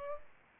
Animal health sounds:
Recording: mosquito wingbeat signal from an infrared sensor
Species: Aedes aegypti

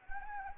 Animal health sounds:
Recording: mosquito wingbeat signal from an infrared sensor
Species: Anopheles arabiensis

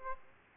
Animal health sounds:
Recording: mosquito wingbeat signal from an infrared sensor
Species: Aedes aegypti

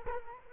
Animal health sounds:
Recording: mosquito wingbeat signal from an infrared sensor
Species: Culex quinquefasciatus

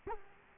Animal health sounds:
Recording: mosquito wingbeat signal from an infrared sensor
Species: Culex quinquefasciatus

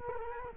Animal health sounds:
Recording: mosquito wingbeat signal from an infrared sensor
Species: Culex quinquefasciatus

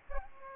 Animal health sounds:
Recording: mosquito wingbeat signal from an infrared sensor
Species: Aedes aegypti

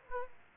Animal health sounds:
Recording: mosquito wingbeat signal from an infrared sensor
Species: Aedes aegypti

